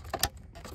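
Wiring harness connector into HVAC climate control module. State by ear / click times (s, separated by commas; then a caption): seated / 0.2 s. A short blue wiring harness connector is pushed side down into the back of a new HVAC climate control module (info screen) on a 2015–2022 second-generation Chevy Colorado / GMC Canyon. A lighter tap at 0.1 s leads into a sharp click at 0.2 s, and the connector is seated.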